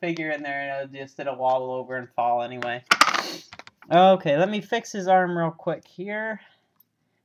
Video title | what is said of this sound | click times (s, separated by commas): Gi joe snake eyes from 1992 hall of fame review | or at least enough oh that didn't snap did it | none